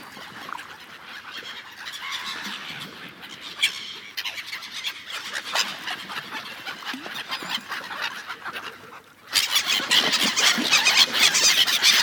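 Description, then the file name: Gulls calling, a dense chorus of shrill squealing cries, quieter at first and then suddenly much louder and more crowded for the last few seconds. Several gulls. "seagulls"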